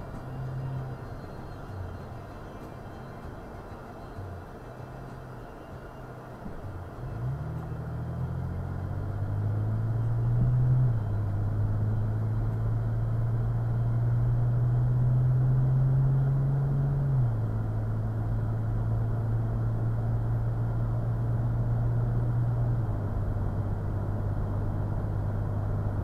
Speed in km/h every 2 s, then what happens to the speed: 21, 15, 2, 11, 21, 32, 39, 48, 52, 58, 60, 63, 66.
0-5 brakes to 2. 5-26 pulls away to 66.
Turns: none.